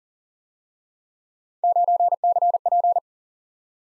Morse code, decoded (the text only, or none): 9CP